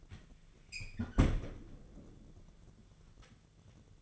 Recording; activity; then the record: daily activity, microphone in the room; close fridge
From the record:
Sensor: 4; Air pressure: 1000.9 hPa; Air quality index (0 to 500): 130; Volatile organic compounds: 1 ppm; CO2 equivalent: 973 ppm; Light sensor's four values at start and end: 30/72/30/33 and 31/75/31/34